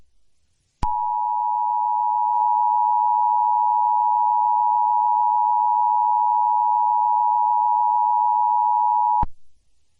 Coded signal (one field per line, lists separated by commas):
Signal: Emergency Alert System (SAME) tones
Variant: 853 and 960 Hz attention tone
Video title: EAS Scenario #1 (Piggy)